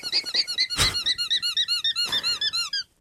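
Alpaca calls: a rapid run of high, squeaky notes, each rising then falling, broken by two short noisy bursts.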